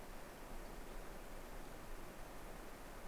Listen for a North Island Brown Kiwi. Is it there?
no